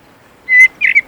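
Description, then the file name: Common blackbird giving two brief notes, the first a clear tone and the second a rougher, squawking sound, in a quiet background. "Turdus merula"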